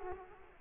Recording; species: mosquito wingbeat signal from an infrared sensor; Culex quinquefasciatus